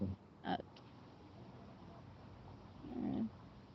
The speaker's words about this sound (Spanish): Hay un perro por ahí, ¿no? Sí.